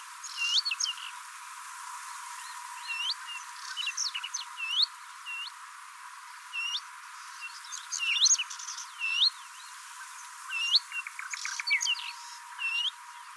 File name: Phylloscopus trochilus call